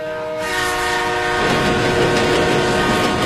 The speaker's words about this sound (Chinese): 京广高铁正在飞驰着